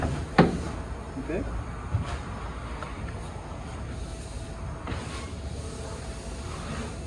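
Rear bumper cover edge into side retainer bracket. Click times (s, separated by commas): 0.4 s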